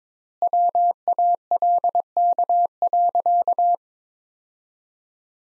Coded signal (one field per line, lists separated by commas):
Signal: Morse code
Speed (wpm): 23 wpm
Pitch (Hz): 700 Hz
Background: none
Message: WALK.